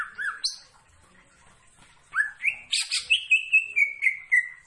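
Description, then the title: Greater green leafbird song: a few varied notes, a pause, then a run of about ten clear whistles stepping gradually downward. Described as gacor, singing actively. "Cucak Ijo Gacor"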